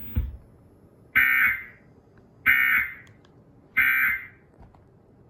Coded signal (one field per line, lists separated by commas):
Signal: Emergency Alert System (SAME) tones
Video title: Severe Weather EAS Alert-A-Thon (Cox) 8/27/2024